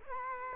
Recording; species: mosquito wingbeat signal from an infrared sensor; Culex quinquefasciatus